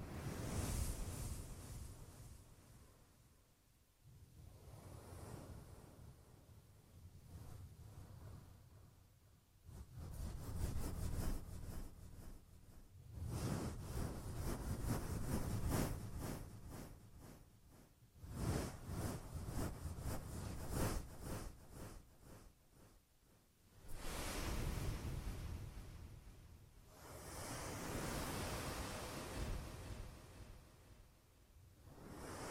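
Ear massage: muffled rubbing swells and fades in long strokes lasting several seconds, like surf rolling in. The sound is heavy in the low end with a soft hiss on top, broken by brief quieter lulls near 4, 9 and 24 seconds.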